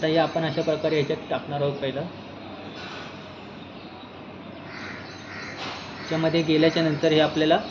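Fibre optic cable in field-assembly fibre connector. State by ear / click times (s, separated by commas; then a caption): not seated / none. A prepared fibre optic cable is inserted and guided into the open body of a field-assembly fibre connector, with the lock lever not yet closed. Someone talks at the start and again near the end, with a quieter stretch of low handling noise in between. Nothing has clicked or locked yet.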